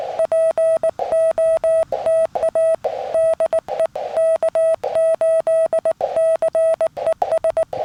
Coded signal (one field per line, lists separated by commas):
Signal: Morse code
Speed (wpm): 20 wpm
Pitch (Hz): 650 Hz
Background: none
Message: POTA DE K8CES